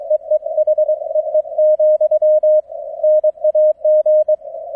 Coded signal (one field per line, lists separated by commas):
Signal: Morse code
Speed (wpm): 23 wpm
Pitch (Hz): 620 Hz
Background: none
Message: EE H EE , NAG